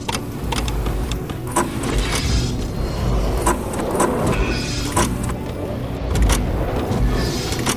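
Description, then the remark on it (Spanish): A car transforms into a giant robot: a steady low motor whir runs throughout, broken by repeated sharp metallic clicks and clanks, with no voices. “Mira, se está transformando en un robotzote.”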